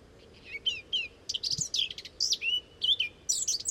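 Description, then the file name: Eurasian blackcap song, a run of varied high warbled notes with clear whistled slurs and rapid twittering phrases. "Sylvia atricapilla"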